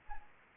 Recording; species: mosquito wingbeat signal from an infrared sensor; Anopheles gambiae